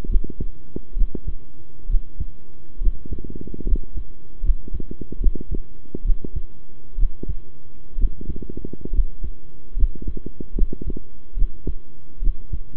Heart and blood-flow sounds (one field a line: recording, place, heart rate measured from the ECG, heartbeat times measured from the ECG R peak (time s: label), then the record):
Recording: heart sounds by stethoscope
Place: between the tricuspid and mitral areas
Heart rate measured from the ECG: 69 bpm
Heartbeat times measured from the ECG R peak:
0.08 s: heartbeat
0.95 s: heartbeat
1.88 s: heartbeat
2.80 s: heartbeat
3.65 s: heartbeat
4.42 s: heartbeat
5.20 s: heartbeat
6.04 s: heartbeat
6.97 s: heartbeat
7.97 s: heartbeat
8.92 s: heartbeat
9.76 s: heartbeat
10.55 s: heartbeat
11.36 s: heartbeat
12.21 s: heartbeat
From the record:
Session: rest, sitting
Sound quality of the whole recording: good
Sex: male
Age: 23 years